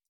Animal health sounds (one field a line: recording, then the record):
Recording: hydrophone in a shrimp aquaculture tank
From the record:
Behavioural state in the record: stressed